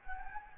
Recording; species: mosquito wingbeat signal from an infrared sensor; Anopheles gambiae